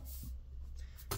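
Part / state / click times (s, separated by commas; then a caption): laptop bottom cover clips into chassis / seated / 1.1 s. The plastic bottom cover of a Dell Inspiron 16 Plus 7620 laptop is lined up and pressed down onto the chassis so its perimeter clips snap in. After about a second of quiet, low background noise, a sharp, bright snap is heard at 1.1 s. The clips seat in the chassis, and they are very strong.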